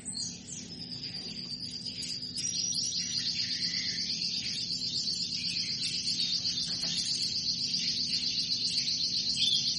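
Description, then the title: Canary song: a long, rapid, even trill held high and steady, growing slightly louder after the first couple of seconds, over faint low hum. Female canary calling to mate; sounds meant to stimulate Belgian canaries into singing. "Canto Para Esquentar Canário Belga. Suara burung kenari betina minta kawin"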